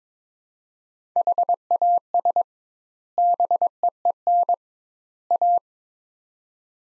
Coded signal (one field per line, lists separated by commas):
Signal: Morse code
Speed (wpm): 22 wpm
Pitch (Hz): 700 Hz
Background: none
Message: HAS BEEN A